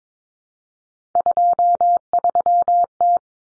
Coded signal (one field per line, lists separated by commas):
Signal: Morse code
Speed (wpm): 22 wpm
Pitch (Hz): 700 Hz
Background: none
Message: 23T